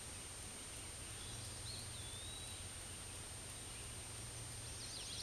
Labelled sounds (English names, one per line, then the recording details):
Eastern Wood-Pewee song
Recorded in a Pennsylvania forest on 18 May 2023 at 06:33
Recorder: AudioMoth, point grid1_31_low
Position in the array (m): 117 m, 166 m